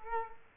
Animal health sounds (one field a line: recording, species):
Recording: mosquito wingbeat signal from an infrared sensor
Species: Culex quinquefasciatus